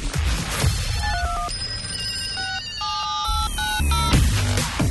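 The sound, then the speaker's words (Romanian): A telephone rings with an incoming listener call to a radio programme, bright electronic tones stepping up and down in a quick melodic pattern over a steady, low musical bed, with no one talking. “Hai să luăm un telefon, să ne întrebe.”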